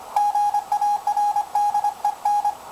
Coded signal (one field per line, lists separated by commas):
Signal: Morse code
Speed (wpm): 24 wpm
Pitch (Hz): 810 Hz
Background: none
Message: GARDEN